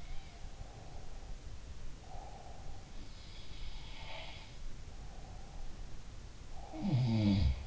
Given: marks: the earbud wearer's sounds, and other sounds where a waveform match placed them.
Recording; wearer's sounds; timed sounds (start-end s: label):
sounds in sleep by an in-ear microphone; breath
0.00-2.99 s: sound from someone else or the room
0.49-2.99 s: breath
3.28-4.71 s: sound from someone else or the room
4.95-7.09 s: breath
6.80-7.67 s: sound from someone else or the room